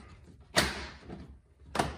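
On an Audi SQ5 B9, a second painted plastic fog light trim cover is inserted side first into the front bumper, with a broad rustling burst near 0.6 s as it is handled into position. It is then pushed until it pops into place with a sharp click at 1.8 s, and the cover is seated.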